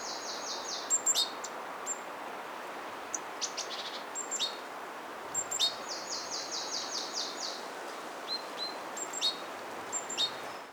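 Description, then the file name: Great tit calling: two runs of rapid, evenly repeated high notes, interspersed with sharp short chips and ticks, over a steady background hiss. "Parus major"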